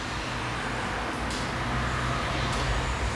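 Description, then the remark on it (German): Steady, dense roar of street traffic heard through an open window, with a low rumble of engines and a broad hiss of tires, holding constant throughout with faint passing swells and no voices. “Ross schließt die Tür und dann höre ich nur noch den Verkehrslärm.”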